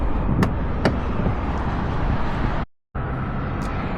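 A car's front trunk (frunk) lid is lowered and latches onto the car body with two short, sharp clicks at 0.4 s and 0.9 s over steady background noise. The lid seats closed. After a brief gap, the background noise resumes.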